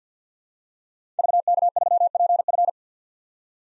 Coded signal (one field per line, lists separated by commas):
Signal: Morse code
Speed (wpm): 50 wpm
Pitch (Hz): 700 Hz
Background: none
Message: VK3PF